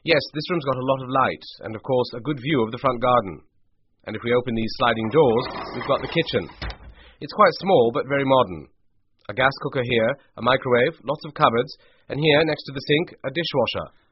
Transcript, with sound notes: Yes, this room's got a lot of light, and of course, a good view of the front garden. And if we open these sliding doors (sliding door sound) we've got the kitchen. It's quite small but very modern. A gas cooker here, a microwave, lots of cupboards, and here next to the sink, a dishwasher.